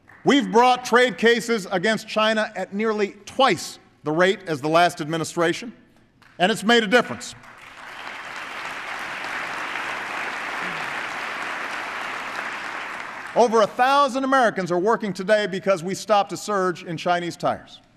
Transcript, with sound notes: We’ve brought trade cases against China at nearly twice the rate as the last administration –- and it’s made a difference. (Applause.) Over a thousand Americans are working today because we stopped a surge in Chinese tires.